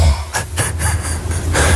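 Low, rumbling breathing noise with a couple of short, rough, airy bursts in under two seconds, at around 2:30 at night, captured by a phone app that records sounds made during sleep. This is light snoring from an adult in deep sleep.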